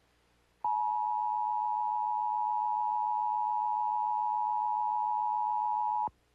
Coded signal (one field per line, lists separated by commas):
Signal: Emergency Alert System (SAME) tones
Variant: 853 and 960 Hz attention tone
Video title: MeTV Toons | Required Monthly EAS Test [01-07-2025]